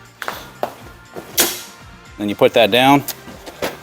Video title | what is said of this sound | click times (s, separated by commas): Unboxing and Reboxing the eFOLDi Explorer | snap right into place | 0.2 s